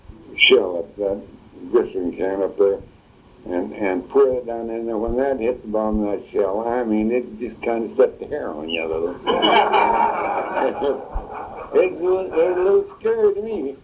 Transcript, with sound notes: shell--that glycerin can up there--and poured it down in there, when that hit the bottom of that shell, I mean, it just kind of sets the hair on you a little. (laughter) It looked scary to me!